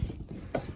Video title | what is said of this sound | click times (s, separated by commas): NEW 2024 GRAND DESIGN IMAGINE XLS 25DBE TRAVEL TRAILER Dodd RV SHOW WALKTHOUGH UPDATED BUNK BEDS | and locks in place not it's back to be secure | 0.5 s